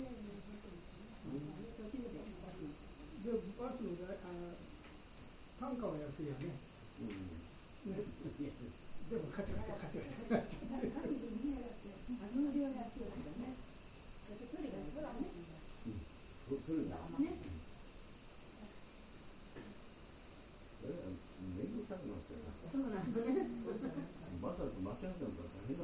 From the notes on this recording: field recordings I made in Kyoto Japan